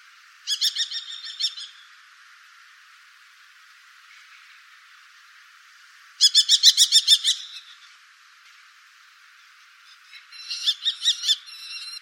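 Bird singing three bursts of rapid, high, stuttering notes, each lasting one to two seconds, with quiet hissing background between them.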